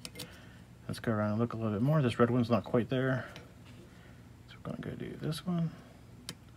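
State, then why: Seated. A raised through-hole LED is pushed onto a printed circuit board while the solder is reheated, and it snaps down flush with a sharp click at 6.3 s, seating tight on the board. Someone talks through most of the clip, and faint ticks come at 0.1 and 0.2 s.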